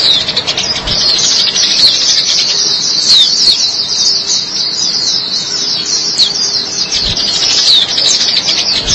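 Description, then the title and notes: White-eye singing a rapid, thin twitter of high chirps, steady and unbroken, with a few sharper squeaky notes standing out. "Suara kicauan burung pleci"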